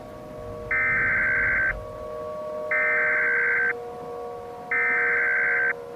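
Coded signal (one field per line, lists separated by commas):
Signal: Emergency Alert System (SAME) tones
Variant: header bursts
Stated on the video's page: Fictional real-time EAS scenario; the sirens were synthesized by the creator.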